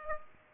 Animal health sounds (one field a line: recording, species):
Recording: mosquito wingbeat signal from an infrared sensor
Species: Aedes aegypti